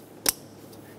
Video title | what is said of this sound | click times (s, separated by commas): How to Replace Downstream O2 Sensors 2003-2007 Honda Accord (3.0L V6) | push until you hear a click | 0.3 s